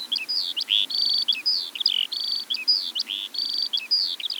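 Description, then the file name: Eurasian skylark song, an unbroken fast warble alternating buzzy rattling trills with quick slurred chirps, all high-pitched and energetic. Eastern Europe. "Stimmen der Natur aus Osteuropa - Feldlerche"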